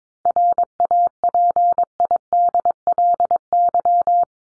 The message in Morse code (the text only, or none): RAPIDLY